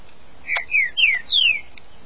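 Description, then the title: Green-winged saltator song: a short sharp note followed by three clear whistled notes, each sliding downward, the last highest and longest. "Trinca Ferro"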